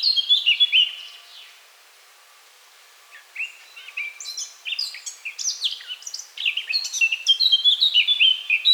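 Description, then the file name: Eurasian blackcap song: a brief loud whistled opening, a quiet pause, then a long rapid warble of varied chirps, trills and clear fluting whistles to the end. "Sylvia atricapilla"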